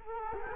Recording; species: mosquito wingbeat signal from an infrared sensor; Culex quinquefasciatus